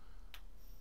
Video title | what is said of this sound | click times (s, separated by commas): Professional Sewing Machine Presser Foot Lifter (Discontinued) | they snap into place we recommend installing these brackets | 0.3 s